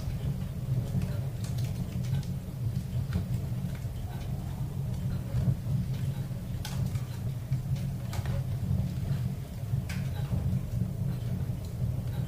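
A roaring fire gives a steady, heavy low rumble that holds for the whole stretch without easing. Sharp crackles and snaps cut through it every second or so, with a few louder pops near the middle and toward the end.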